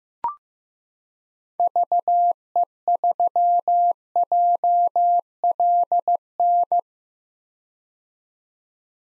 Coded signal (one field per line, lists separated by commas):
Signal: Morse code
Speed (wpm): 16 wpm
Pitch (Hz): 700 Hz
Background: none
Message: VE3JLN